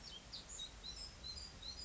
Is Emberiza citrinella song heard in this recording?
no